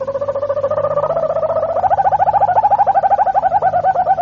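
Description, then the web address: Harz Roller canary in a continuous low trill that gradually turns into rapid, separate repeated notes, steady and unbroken throughout. Harz-type canary song. "canarios cantoharz"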